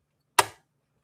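The metal top lid of a Pfaff 332 sewing machine, taken off to reach the presser foot controller, is pushed the rest of the way down onto the machine body. A single sharp snap rings out at 0.4 s and quickly fades in an otherwise quiet clip. The lid is confirmed seated all the way down.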